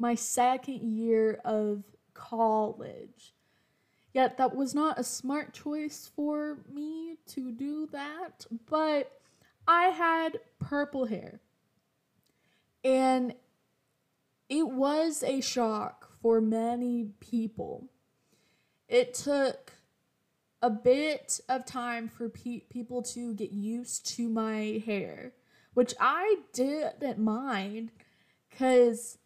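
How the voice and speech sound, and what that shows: A woman speaks with stretched sounds, silent blocks before words and frequent long pauses, consistent with stuttering.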